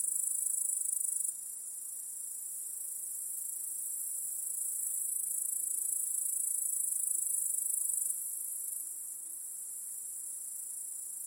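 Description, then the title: High cricket trilling continues without break, with the volume stepping up and down a few times. Cricket chorus in a home backyard at night. "Crickets in Your Backyard 🏡"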